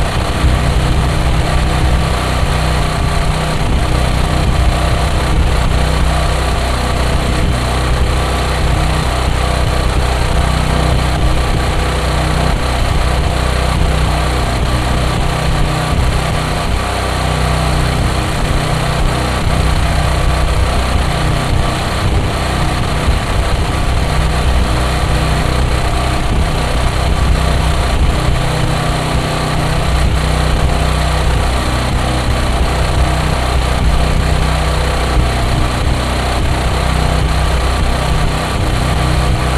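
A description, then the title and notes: A portable gasoline generator runs steadily for the whole stretch, a dense low rumble with a constant hum and faint rattling above it. Portable gasoline-powered generator recorded in Darlington, MD. By Dan Bodah.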